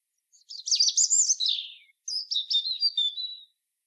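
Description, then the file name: European robin pouring out a fast, jumbled high warble, a short pause, then a thinner stuttering phrase that trails off evenly; no other sounds. "Erithacus rubecula"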